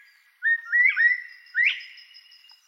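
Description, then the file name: Northern bobwhite whistling, a low note then upslurred clear whistles, two phrases in quick succession with a faint high thin tone behind. "canto da perdiz da virginia"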